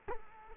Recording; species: mosquito wingbeat signal from an infrared sensor; Culex quinquefasciatus